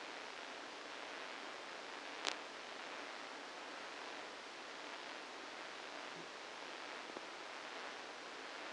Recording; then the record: brain microelectrode recording played as sound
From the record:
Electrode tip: inside the subthalamic nucleus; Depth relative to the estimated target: 2 mm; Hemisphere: right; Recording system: NeuroSet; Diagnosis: Parkinson's disease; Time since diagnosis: 8 years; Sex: male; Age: 65 years